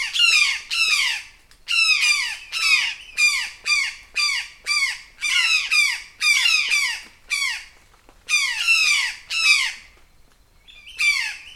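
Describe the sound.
Brown jay alarm calls: loud, harsh, downslurred screams given in a long steady run, with brief pauses between short bursts.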